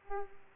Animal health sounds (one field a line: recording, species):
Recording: mosquito wingbeat signal from an infrared sensor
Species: Aedes aegypti